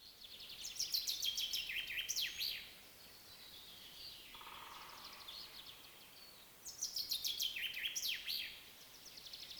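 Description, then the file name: Common chaffinch song: two bright, rapid, descending phrases of repeated notes ending in a flourish, separated by a quiet pause with a brief low hum. "Fringilla coelebs"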